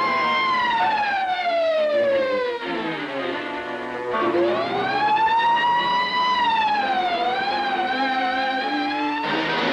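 A police siren wails continuously, its high pitch sweeping down, then rising and falling in long slow glides, loud and steady throughout with no talking.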